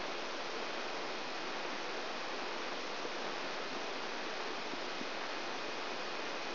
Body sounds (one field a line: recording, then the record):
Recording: brain microelectrode recording played as sound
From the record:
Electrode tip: outside the subthalamic nucleus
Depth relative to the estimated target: 3.6 mm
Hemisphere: left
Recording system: AlphaMap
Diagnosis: Parkinson's disease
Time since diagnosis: 9 years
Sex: female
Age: 63 years